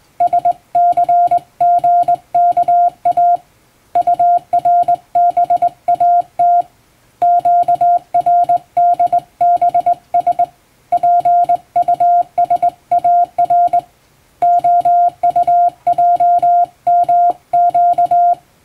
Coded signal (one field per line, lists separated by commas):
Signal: Morse code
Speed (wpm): 20 wpm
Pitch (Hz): 700 Hz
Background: music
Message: SCGKA URBAT QRDBS PUSAR OUJMQ